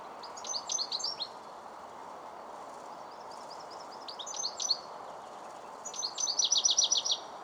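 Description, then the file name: European goldfinch calls: three bursts of quick, twittering high notes, the last a rapid buzzy trill, over steady low background noise. "Carduelis carduelis"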